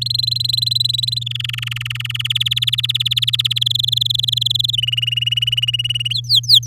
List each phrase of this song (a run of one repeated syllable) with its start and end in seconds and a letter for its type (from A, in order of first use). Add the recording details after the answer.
0.01-1.24 A, 1.26-2.22 B, 2.25-3.59 C, 3.61-4.71 D, 4.73-6.13 E, 6.14-6.67 F. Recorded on 10 May 2018 at 07:10. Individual llb16